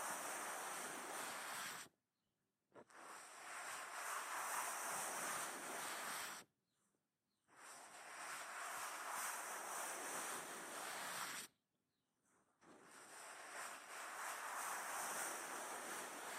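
Ear massage sounds: a dense, rushing rub with a bright hiss, moving in long strokes of about four seconds each. Brief gaps of silence break it up near the 2, 7 and 12 second marks before the rubbing starts again.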